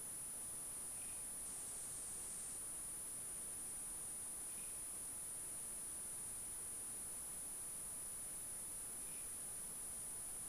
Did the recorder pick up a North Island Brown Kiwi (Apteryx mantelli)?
no